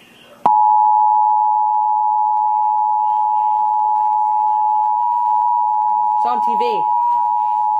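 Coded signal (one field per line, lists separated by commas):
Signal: Emergency Alert System (SAME) tones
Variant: 853 and 960 Hz attention tone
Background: speech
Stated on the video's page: Reupload of tornado warning SAME tones received on NOAA Weather Radio and television.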